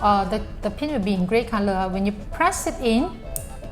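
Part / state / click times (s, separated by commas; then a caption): plastic pin into building-brick beam / seated / 3.4 s. A gray non-friction plastic pin is pressed into a hole in a building-brick beam while someone talks over music. It gives one sharp click at 3.4 s as the pin seats.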